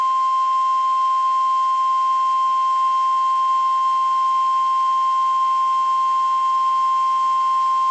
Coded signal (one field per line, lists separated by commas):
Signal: Emergency Alert System (SAME) tones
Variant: 1050 Hz attention tone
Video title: EAS 1338-1346 (3/14/22)